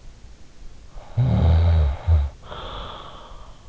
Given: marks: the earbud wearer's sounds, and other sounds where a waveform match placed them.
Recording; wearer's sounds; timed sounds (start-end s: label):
sounds in sleep by an in-ear microphone; snoring breath
0.76-3.56 s: snoring breath